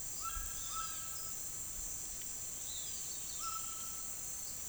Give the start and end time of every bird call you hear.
[0.07, 1.46] bird call (0.9-5.6 kHz)
[2.68, 4.20] bird call (0.8-5.3 kHz)

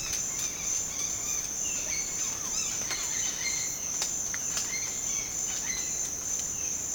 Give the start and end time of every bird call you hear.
[0.00, 3.89] bird call (1.0-6.4 kHz)
[4.62, 6.07] bird call (0.9-6.0 kHz)

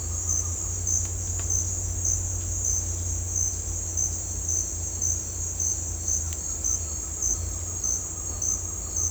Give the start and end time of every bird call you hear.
[6.17, 9.10] bird call (0.8-1.8 kHz)

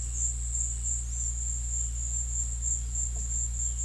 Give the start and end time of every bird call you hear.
[0.00, 1.31] bird call (4.8-7.3 kHz)

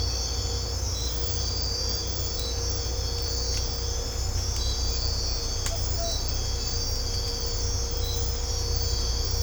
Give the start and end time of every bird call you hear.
[5.64, 6.16] bird call (0.4-1.2 kHz)

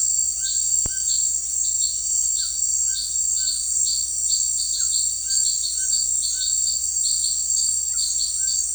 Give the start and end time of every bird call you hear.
[0.01, 1.22] bird call (1.0-1.9 kHz)
[2.39, 3.66] bird call (1.2-2.0 kHz)
[4.77, 6.60] bird call (1.0-2.2 kHz)
[7.82, 8.75] bird call (1.1-2.0 kHz)

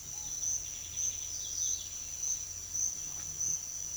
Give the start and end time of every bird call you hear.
[0.17, 2.56] bird call (1.8-5.1 kHz)

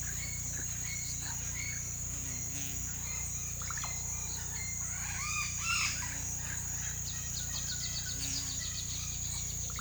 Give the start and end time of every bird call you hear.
[0.00, 5.95] bird call (0.6-7.1 kHz)
[6.91, 9.72] bird call (3.4-6.1 kHz)

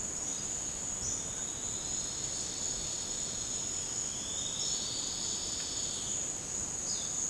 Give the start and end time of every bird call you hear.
[1.15, 6.29] bird call (2.4-5.4 kHz)
[6.84, 7.21] bird call (3.1-5.1 kHz)

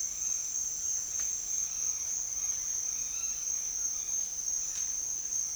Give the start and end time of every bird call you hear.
[0.00, 4.20] bird call (0.2-4.5 kHz)

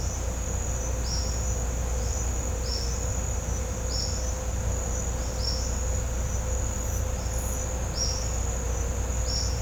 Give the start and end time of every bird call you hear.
[1.01, 1.50] bird call (4.3-6.7 kHz)
[1.89, 2.96] bird call (4.4-6.3 kHz)
[3.83, 4.25] bird call (4.4-6.1 kHz)
[5.27, 5.72] bird call (4.0-6.5 kHz)
[7.94, 8.20] bird call (4.3-6.4 kHz)

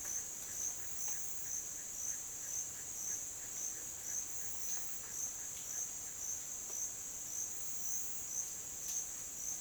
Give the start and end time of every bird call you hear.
[0.00, 5.88] bird call (1.0-2.5 kHz)

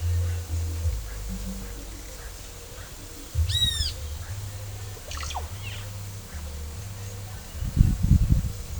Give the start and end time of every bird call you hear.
[3.39, 4.03] bird call (1.3-13.5 kHz)

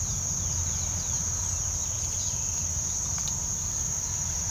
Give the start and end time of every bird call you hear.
[0.00, 3.11] bird call (2.2-8.8 kHz)

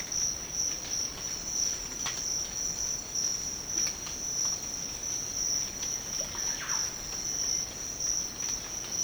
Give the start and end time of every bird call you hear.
[6.14, 6.88] bird call (0.3-3.0 kHz)

